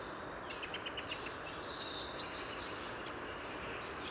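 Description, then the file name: Eurasian wren call: a fast, high rattling trill of about one second midway through, with a few fainter chirps earlier, over a broad hiss of background noise. "Troglodytes troglodytes"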